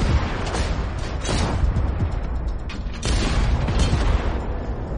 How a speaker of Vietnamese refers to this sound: Liên tục bắn, bắn không ngừng.